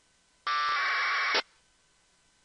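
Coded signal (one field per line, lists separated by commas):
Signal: packet radio (AX.25, as in APRS)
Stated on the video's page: Local APRS on 144.390 MHz NFM, received with an RTL-SDR using an 11400 Hz filter bandwidth and squelch 50, used to monitor local radio propagation.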